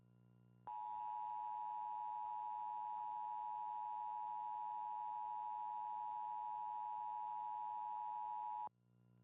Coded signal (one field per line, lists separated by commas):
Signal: Emergency Alert System (SAME) tones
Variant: 853 and 960 Hz attention tone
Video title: goober eas mocks #5 | "the fog is coming"